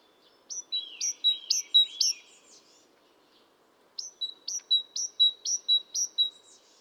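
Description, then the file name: Great tit giving sharp, high repeated notes, each a rising chip then a lower tick. Two bursts are separated by a short gap over a faint background hiss. "Parus major"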